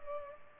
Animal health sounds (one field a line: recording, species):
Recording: mosquito wingbeat signal from an infrared sensor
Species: Culex pipiens